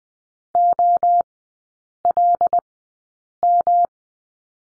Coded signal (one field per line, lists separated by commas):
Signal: Morse code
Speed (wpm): 20 wpm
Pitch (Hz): 700 Hz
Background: none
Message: OLM